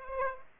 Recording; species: mosquito wingbeat signal from an infrared sensor; Aedes aegypti